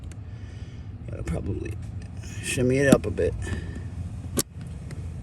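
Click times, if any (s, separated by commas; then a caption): 4.4 s. A replacement blower motor resistor for a 2006 VW Jetta is shimmied up into its slot under the dash. Someone talks over low rustling and handling noise while it is pushed home. It clips into the plastic HVAC blower housing with a sharp click at 4.4 s, seated.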